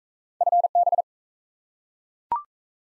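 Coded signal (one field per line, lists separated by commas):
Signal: Morse code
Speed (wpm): 36 wpm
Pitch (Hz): 700 Hz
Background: none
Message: FB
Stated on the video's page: Morse practice of common QSO elements in speed-racing format, starting fast and slowing to a 28 wpm base speed, with a final repeat at maximum speed.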